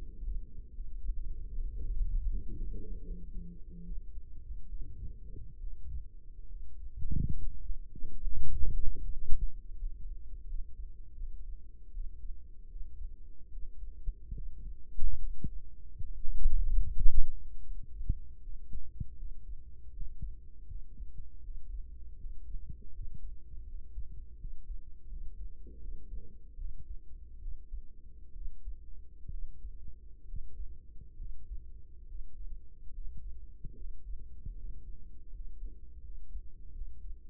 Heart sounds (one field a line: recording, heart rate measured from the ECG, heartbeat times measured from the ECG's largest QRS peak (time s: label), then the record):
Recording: heart sounds by microphone in the right ear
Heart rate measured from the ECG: 75 bpm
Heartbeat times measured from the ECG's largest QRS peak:
0.69 s: heartbeat
1.50 s: heartbeat
2.25 s: heartbeat
3.02 s: heartbeat
3.82 s: heartbeat
4.66 s: heartbeat
5.57 s: heartbeat
6.46 s: heartbeat
7.34 s: heartbeat
8.18 s: heartbeat
8.99 s: heartbeat
9.76 s: heartbeat
10.44 s: heartbeat
11.13 s: heartbeat
11.90 s: heartbeat
12.66 s: heartbeat
13.48 s: heartbeat
14.32 s: heartbeat
15.17 s: heartbeat
16.02 s: heartbeat
16.83 s: heartbeat
17.62 s: heartbeat
18.39 s: heartbeat
19.15 s: heartbeat
19.90 s: heartbeat
20.65 s: heartbeat
21.40 s: heartbeat
22.16 s: heartbeat
22.90 s: heartbeat
23.64 s: heartbeat
24.36 s: heartbeat
25.07 s: heartbeat
25.78 s: heartbeat
26.55 s: heartbeat
27.38 s: heartbeat
28.31 s: heartbeat
29.28 s: heartbeat
30.24 s: heartbeat
31.15 s: heartbeat
32.05 s: heartbeat
32.90 s: heartbeat
33.74 s: heartbeat
34.54 s: heartbeat
35.30 s: heartbeat
36.00 s: heartbeat
36.71 s: heartbeat
From the record:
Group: healthy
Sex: male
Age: 35 years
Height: 178 cm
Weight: 64 kg